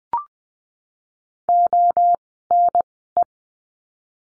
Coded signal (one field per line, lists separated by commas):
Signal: Morse code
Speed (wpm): 20 wpm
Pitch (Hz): 700 Hz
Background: none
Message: ONE